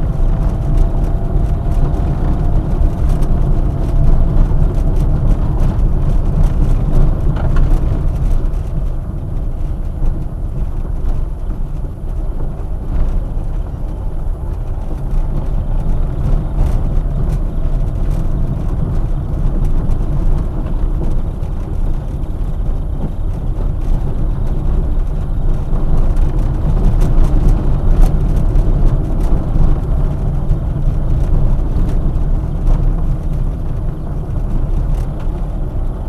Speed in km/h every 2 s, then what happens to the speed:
29, 28, 26, 22, 18, 13, 16, 22, 22, 20, 19, 17, 21, 23, 23, 23, 21, 23.
0-10 slows to 13. 10-14 speeds up to 22. 14-22 steady at about 20. 22-25 speeds up to 23. 25-36 steady at about 23.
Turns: 6-12, 18-23.